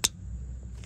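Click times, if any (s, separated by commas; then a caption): 0.0 s. A wiring harness connector is pushed onto the new rocker arm oil pressure switch on the engine of a 2012 Honda Odyssey being repaired for code P3400, with a sharp click at 0.1 s. A faint tick follows at 0.8 s over a low steady hum. The connector is seated and confirmed all set.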